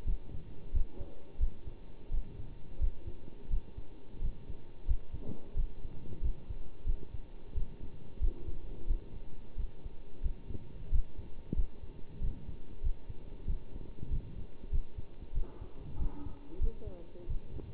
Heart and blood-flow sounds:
heart sounds by stethoscope; between the tricuspid and mitral areas; 91 bpm
0.06 s: heartbeat
0.73 s: heartbeat
1.40 s: heartbeat
2.11 s: heartbeat
2.80 s: heartbeat
3.50 s: heartbeat
4.21 s: heartbeat
4.87 s: heartbeat
5.56 s: heartbeat
6.22 s: heartbeat
6.86 s: heartbeat
7.55 s: heartbeat
8.21 s: heartbeat
8.87 s: heartbeat
9.57 s: heartbeat
10.23 s: heartbeat
10.92 s: heartbeat
11.56 s: heartbeat
12.21 s: heartbeat
12.83 s: heartbeat
13.47 s: heartbeat
14.10 s: heartbeat
14.71 s: heartbeat
15.34 s: heartbeat
15.99 s: heartbeat
16.60 s: heartbeat
17.28 s: heartbeat
From the record:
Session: bicycle stress test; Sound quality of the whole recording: good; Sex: male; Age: 27 years

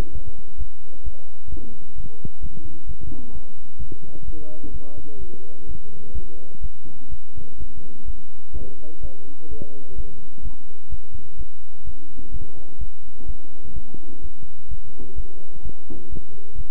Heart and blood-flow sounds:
heart sounds by stethoscope; between the tricuspid and mitral areas; 128 bpm
0.13 s: heartbeat
0.58 s: heartbeat
1.04 s: heartbeat
1.50 s: heartbeat
1.96 s: heartbeat
2.41 s: heartbeat
2.87 s: heartbeat
3.33 s: heartbeat
3.79 s: heartbeat
4.26 s: heartbeat
4.72 s: heartbeat
5.20 s: heartbeat
5.67 s: heartbeat
6.14 s: heartbeat
6.61 s: heartbeat
7.10 s: heartbeat
7.58 s: heartbeat
8.06 s: heartbeat
8.53 s: heartbeat
9.01 s: heartbeat
9.49 s: heartbeat
9.96 s: heartbeat
10.43 s: heartbeat
10.90 s: heartbeat
11.37 s: heartbeat
11.85 s: heartbeat
12.32 s: heartbeat
12.79 s: heartbeat
13.26 s: heartbeat
13.74 s: heartbeat
14.22 s: heartbeat
14.69 s: heartbeat
15.16 s: heartbeat
15.63 s: heartbeat
16.10 s: heartbeat
16.56 s: heartbeat
From the record:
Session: bicycle stress test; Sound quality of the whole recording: good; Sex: male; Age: 23 years

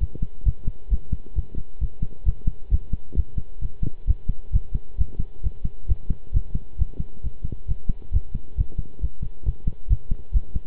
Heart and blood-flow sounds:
heart sounds by stethoscope; between the tricuspid and mitral areas; 134 bpm
0.00 s: heartbeat
0.45 s: heartbeat
0.91 s: heartbeat
1.36 s: heartbeat
1.81 s: heartbeat
2.26 s: heartbeat
2.71 s: heartbeat
3.16 s: heartbeat
3.61 s: heartbeat
4.07 s: heartbeat
4.53 s: heartbeat
4.98 s: heartbeat
5.43 s: heartbeat
5.88 s: heartbeat
6.34 s: heartbeat
6.78 s: heartbeat
7.23 s: heartbeat
7.68 s: heartbeat
8.13 s: heartbeat
8.57 s: heartbeat
9.01 s: heartbeat
9.45 s: heartbeat
9.90 s: heartbeat
10.33 s: heartbeat
From the record:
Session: pedaling a stationary bicycle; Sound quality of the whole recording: good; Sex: male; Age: 23 years

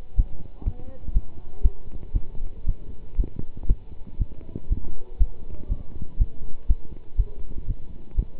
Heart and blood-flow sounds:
heart sounds by stethoscope; between the tricuspid and mitral areas; 120 bpm
0.16 s: heartbeat
0.64 s: heartbeat
1.13 s: heartbeat
1.62 s: heartbeat
2.13 s: heartbeat
2.66 s: heartbeat
3.17 s: heartbeat
3.67 s: heartbeat
4.18 s: heartbeat
4.69 s: heartbeat
5.18 s: heartbeat
5.68 s: heartbeat
6.18 s: heartbeat
6.67 s: heartbeat
7.16 s: heartbeat
7.67 s: heartbeat
8.16 s: heartbeat
From the record:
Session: pedaling a stationary bicycle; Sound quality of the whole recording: good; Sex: male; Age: 27 years

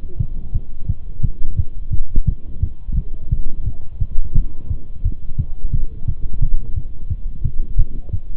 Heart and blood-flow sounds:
heart sounds by stethoscope; between the tricuspid and mitral areas; 174 bpm
0.20 s: heartbeat
0.55 s: heartbeat
0.89 s: heartbeat
1.24 s: heartbeat
1.58 s: heartbeat
1.93 s: heartbeat
2.27 s: heartbeat
2.62 s: heartbeat
2.97 s: heartbeat
3.31 s: heartbeat
3.66 s: heartbeat
4.01 s: heartbeat
4.35 s: heartbeat
4.70 s: heartbeat
5.05 s: heartbeat
5.39 s: heartbeat
5.74 s: heartbeat
6.08 s: heartbeat
6.42 s: heartbeat
6.76 s: heartbeat
7.11 s: heartbeat
7.44 s: heartbeat
7.79 s: heartbeat
8.13 s: heartbeat
From the record:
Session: Bruce protocol treadmill stress test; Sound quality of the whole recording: partially saturated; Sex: male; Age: 23 years

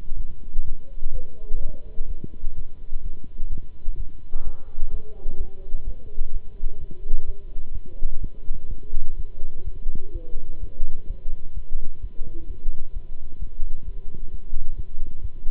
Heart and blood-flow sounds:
heart sounds by stethoscope; between the tricuspid and mitral areas; 128 bpm
0.15 s: heartbeat
0.63 s: heartbeat
1.11 s: heartbeat
1.59 s: heartbeat
2.07 s: heartbeat
2.54 s: heartbeat
3.02 s: heartbeat
3.49 s: heartbeat
3.96 s: heartbeat
4.43 s: heartbeat
4.90 s: heartbeat
5.37 s: heartbeat
5.84 s: heartbeat
6.31 s: heartbeat
6.78 s: heartbeat
7.24 s: heartbeat
7.72 s: heartbeat
8.20 s: heartbeat
8.68 s: heartbeat
9.16 s: heartbeat
9.63 s: heartbeat
10.11 s: heartbeat
10.59 s: heartbeat
11.06 s: heartbeat
11.53 s: heartbeat
12.00 s: heartbeat
12.46 s: heartbeat
12.92 s: heartbeat
13.38 s: heartbeat
13.84 s: heartbeat
14.30 s: heartbeat
14.75 s: heartbeat
15.21 s: heartbeat
From the record:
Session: Bruce protocol treadmill stress test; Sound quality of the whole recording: good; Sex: male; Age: 26 years

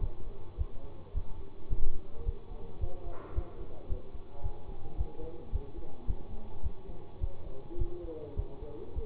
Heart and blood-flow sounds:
heart sounds by stethoscope; between the tricuspid and mitral areas; 107 bpm
0.00 s: heartbeat
0.58 s: heartbeat
1.14 s: heartbeat
1.69 s: heartbeat
2.25 s: heartbeat
2.80 s: heartbeat
3.35 s: heartbeat
3.89 s: heartbeat
4.43 s: heartbeat
4.97 s: heartbeat
5.52 s: heartbeat
6.07 s: heartbeat
6.63 s: heartbeat
7.20 s: heartbeat
7.78 s: heartbeat
8.36 s: heartbeat
8.95 s: heartbeat
From the record:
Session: bicycle stress test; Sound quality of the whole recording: good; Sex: male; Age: 24 years

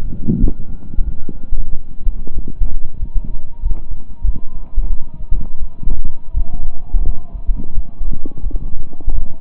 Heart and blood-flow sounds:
heart sounds by stethoscope; between the tricuspid and mitral areas; 89 bpm
0.37 s: heartbeat
1.03 s: heartbeat
1.68 s: heartbeat
2.32 s: heartbeat
2.97 s: heartbeat
3.60 s: heartbeat
4.23 s: heartbeat
4.87 s: heartbeat
5.57 s: heartbeat
6.32 s: heartbeat
7.03 s: heartbeat
7.72 s: heartbeat
8.41 s: heartbeat
9.12 s: heartbeat
From the record:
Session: slow and fast walking with breaks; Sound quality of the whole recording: saturated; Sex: male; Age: 25 years

